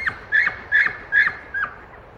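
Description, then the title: Elk calling: four loud, short, high squealing calls in quick succession, with faint background noise. Several small break-off herds moving through tall pine stands in strong mountain wind; males calling back and forth, females trying to decide which male to follow. "Elk Herd Activity In Windy Background"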